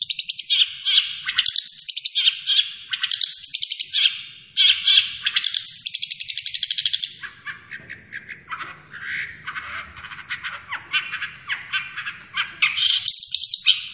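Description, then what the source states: Long-tailed shrike song, a varied jumble of high chattering and scratchy notes with brief whistles, continuous and fast-paced throughout. Named by the Indonesian local name cendet; described as gacor, meaning the bird is singing actively.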